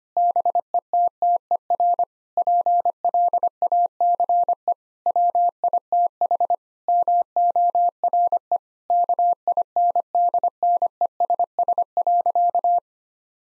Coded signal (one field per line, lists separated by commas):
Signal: Morse code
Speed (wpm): 25 wpm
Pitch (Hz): 700 Hz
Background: none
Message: BETTER PLACE WITH MORE KINDNESS.